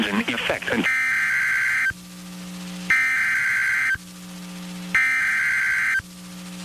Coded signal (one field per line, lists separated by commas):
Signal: Emergency Alert System (SAME) tones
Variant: header bursts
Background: speech